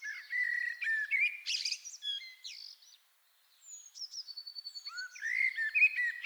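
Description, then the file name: Common blackbird song: low fluty warbled phrases that end in a high squeaky twitter, with a short pause and then a second phrase. "Turdus merula"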